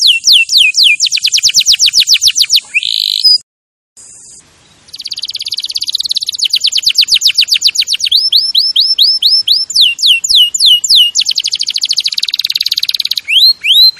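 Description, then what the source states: Canary song: long varied sequence of rapid trills, buzzy rolls and repeated down-slurred notes, with a short break after the first few seconds. Champion canary song used as a master recording for training other birds.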